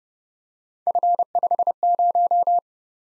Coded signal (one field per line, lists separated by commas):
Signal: Morse code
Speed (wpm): 29 wpm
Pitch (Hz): 700 Hz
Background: none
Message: F50